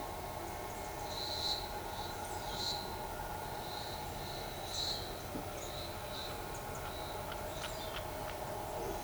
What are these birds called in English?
none